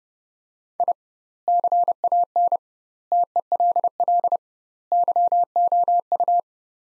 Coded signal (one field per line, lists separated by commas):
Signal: Morse code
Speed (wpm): 30 wpm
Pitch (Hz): 700 Hz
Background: none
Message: I CAN TELL YOU